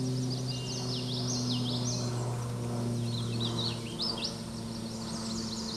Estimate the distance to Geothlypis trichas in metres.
about 25 m